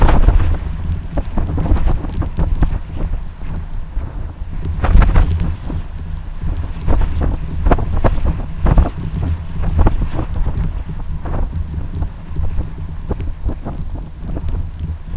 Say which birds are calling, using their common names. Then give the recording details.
none. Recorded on Arctic tundra, site UTQI-2, on 11 June 2019. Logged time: 20:00